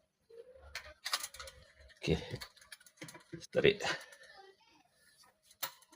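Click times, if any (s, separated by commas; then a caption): 5.6 s. A T8 lamp holder is pressed into an LED light casing and pulled to check it while someone talks. A single sharp click comes at 5.6 s as the holder locks into the casing.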